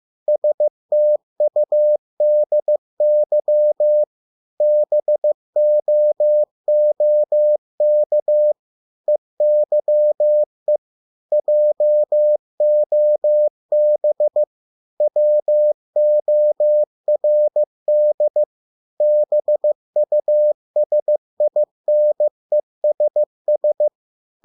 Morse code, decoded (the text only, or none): STUDY BOOK EYE JOB WORD BUSINESS